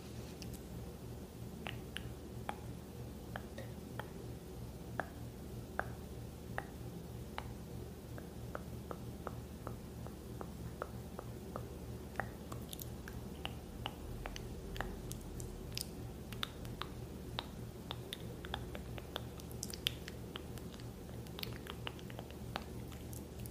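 Quiet mouth sounds and light tapping, a steady stream of short wet clicks and pops over a constant low hum. The clicks come irregularly from the start and grow denser and crisper after the halfway point.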